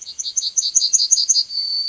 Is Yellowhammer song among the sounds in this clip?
yes